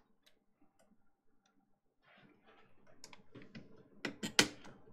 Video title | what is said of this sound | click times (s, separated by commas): X299 & 1080ti Live Build | Yes. Click. Clicks right in. | 4.4 s